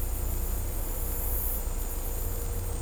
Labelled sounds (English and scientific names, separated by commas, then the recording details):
none
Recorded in dense forest near Puerto Asís, Putumayo, Colombia, on 16 December 2024 at 15:30
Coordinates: 0.503, -76.323
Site G043